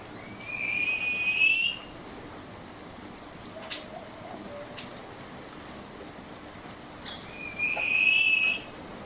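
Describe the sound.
Bird song: a long, steady whistled note with harmonics, given twice about six seconds apart, with faint clicks and low background hiss between.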